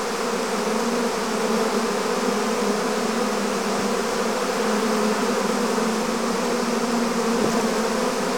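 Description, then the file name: Bee swarm buzzing, a dense continuous drone with steady hum layered over a wide hiss, holding level throughout. "Digiffects Sound Effects Library - Swarm of Bees"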